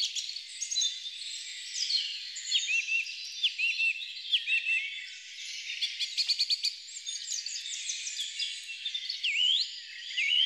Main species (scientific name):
Turdus philomelos